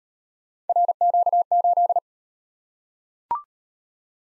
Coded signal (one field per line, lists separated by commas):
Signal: Morse code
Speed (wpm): 38 wpm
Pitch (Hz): 700 Hz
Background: none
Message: RQ8